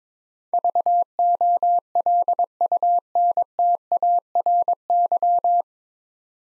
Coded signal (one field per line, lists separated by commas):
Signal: Morse code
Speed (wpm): 22 wpm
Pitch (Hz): 700 Hz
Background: none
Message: VOLUNTARY